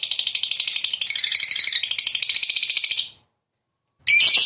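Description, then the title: Lovebird song: three seconds of rapid, high-pitched pulsed chattering, then silence and a short harsh burst at the end. Lovebird of the 'fighter' type, 'gacor' (singing actively). "Berkat SUARA Lovebird FIGHTER GACOR Ini"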